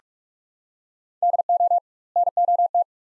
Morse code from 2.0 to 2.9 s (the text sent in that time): NOT